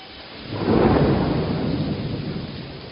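A deep roll of thunder swells within the first second and slowly fades, over a steady hiss of heavy rain pouring throughout in cold weather. No voices.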